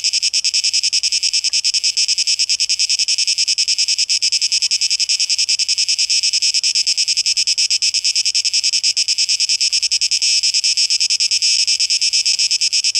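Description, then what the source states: Cicadas produce a bright, unceasing rasping drone, throbbing rapidly, with only a soft low hum underneath. Cicadas, 12 August 2023; tape echo mix.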